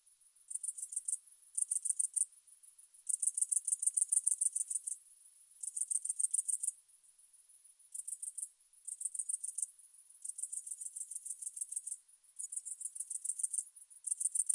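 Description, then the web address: Grasshopper stridulation: very high, buzzy pulsed bursts lasting from half a second to nearly two seconds, separated by brief pauses, over a faint steady high hiss. "heuschrecke"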